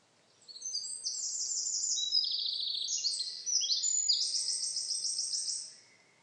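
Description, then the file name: Eurasian wren singing a sustained, vigorous stream of high, ringing notes and rapid rattling trills lasting about five seconds. "Troglodytes troglodytes"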